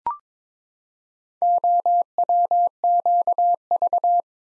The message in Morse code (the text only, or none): OWQV